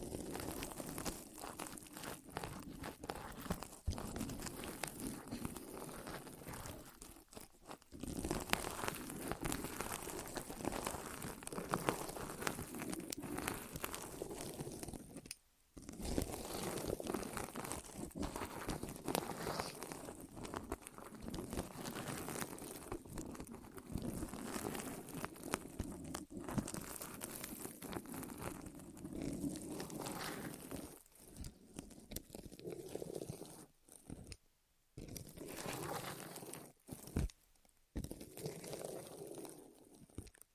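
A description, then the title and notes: ASMR rolling and rubbing against the microphone ears, a dense, steady crunch and crinkle that fills both the low and bright range. The texture keeps going for most of the stretch, broken by brief drops to silence near 8, 15, 34 and 37 seconds. ASMR Rolling On Your Ears (No Talking).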